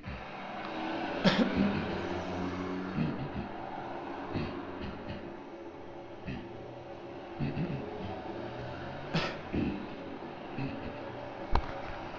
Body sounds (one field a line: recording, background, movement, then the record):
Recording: throat clearing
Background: traffic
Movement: sitting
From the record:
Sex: male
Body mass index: 23.7 kg/m2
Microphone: on the chest, facing outward